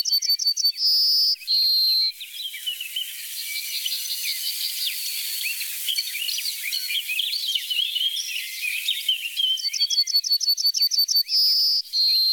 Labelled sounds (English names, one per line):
Yellowhammer song